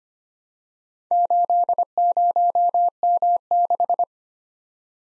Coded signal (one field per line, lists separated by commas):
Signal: Morse code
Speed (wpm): 25 wpm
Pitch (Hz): 700 Hz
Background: none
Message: 80M6